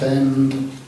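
The plastic underframe part of a Peco Parkside Dundas 12 Ton Pipe Wagon model railway kit is handled after one end has been fitted over the wheelset, while someone talks throughout. Nothing has seated or clicked yet; the clip ends before the part is straightened and snaps into place.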